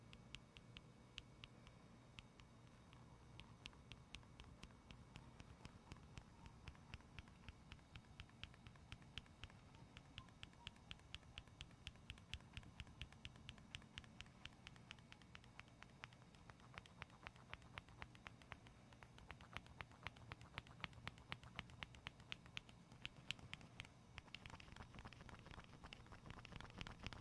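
Gentle tapping and scratching over a steady low hum, with short, crisp clicks falling in quick, fairly regular runs throughout. The taps grow denser and brighter from about halfway, especially between roughly 17 and 25 seconds, while a soft rustling scratch fills the gaps.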